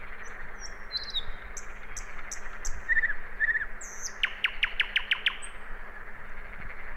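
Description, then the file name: Common nightingale singing: soft whistles, two gurgling warbles, then a fast series of loud ringing notes. "Luscinia megarhynchos"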